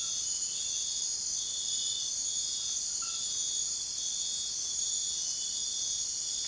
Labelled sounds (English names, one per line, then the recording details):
none
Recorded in secondary vegetation near Puerto Asís, Putumayo, Colombia, on 28 February 2025 at 03:00
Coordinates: 0.498, -76.327
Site G001